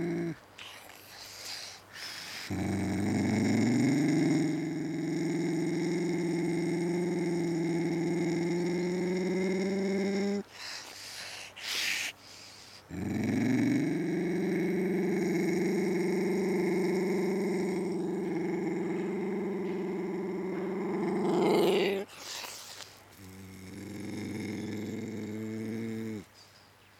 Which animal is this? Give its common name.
Ocelot